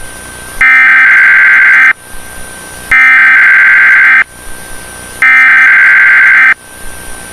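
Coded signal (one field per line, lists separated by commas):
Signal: Emergency Alert System (SAME) tones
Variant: header bursts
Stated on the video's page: Fictional EAS scenario with valid EAS tones.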